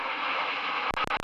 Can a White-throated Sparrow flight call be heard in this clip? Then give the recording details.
no. No flight call is heard. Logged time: 22:54 on 31 October 2014